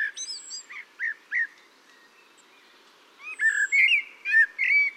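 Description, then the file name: Common blackbird song: a cluster of short whistled notes, a brief lull, then a richer burst of fluty phrases with high twittering. "Turdus merula"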